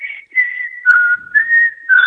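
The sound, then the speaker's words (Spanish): Someone whistles a song's chorus alone, a clear, pure tone gliding between a few sustained notes in short melodic phrases separated by brief pauses, steady and fairly loud. “Sí, sí, porque se escucha como un chiflido y un silbido.”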